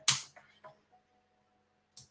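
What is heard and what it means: A plastic LEGO brick that had not clicked is pressed down again onto the studs of a 2021 Race Buggy Transporter (60288) model, and it seats with a sharp click at 0.1 s. A few faint taps follow around 0.4 and 0.6 s, a brief soft knock comes at 2.0 s, and someone talks.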